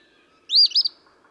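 Eastern phoebe giving one brief raspy two-part phrase, a rising buzzy note then a rapid jerky trill, with little else audible.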